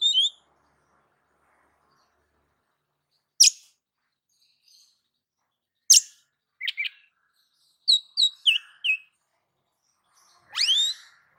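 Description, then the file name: Oriental magpie-robin song, sparse: a few harsh bursts and quick chirp groups, then a brief whistled run and a final rising whistle, with long quiet gaps. "Suara-Kacer-Versi-7"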